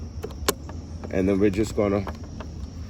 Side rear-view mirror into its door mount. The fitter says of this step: once it's clicked into place, you'll kind of hear it snap, and therefore you'll know that it's